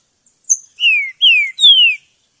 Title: Canto De Trinca Ferro Voz 08. Esquentar Trinca Ferro - Treino no mato!